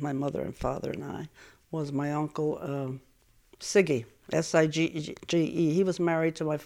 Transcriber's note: none